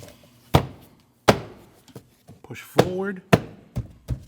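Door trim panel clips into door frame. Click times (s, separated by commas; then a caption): 0.6 s, 1.3 s. A plastic door trim panel on a 2012-2016 Honda CR-V, during a rear window regulator replacement, is hung on the top of the door and pushed down and forward so its retaining clips seat into the door frame. Two loud thunks at 0.6 s and 1.3 s mark the clips snapping in, followed by softer knocks while someone talks. The panel clips are seated.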